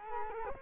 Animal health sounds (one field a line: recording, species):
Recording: mosquito wingbeat signal from an infrared sensor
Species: Culex quinquefasciatus